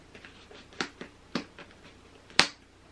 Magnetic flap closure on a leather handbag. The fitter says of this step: once you hear that snap you are good to go your